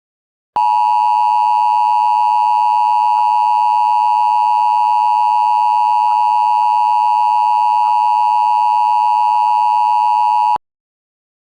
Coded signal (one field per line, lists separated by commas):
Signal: Emergency Alert System (SAME) tones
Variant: 853 and 960 Hz attention tone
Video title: Special Silli Emergency EAS - TSN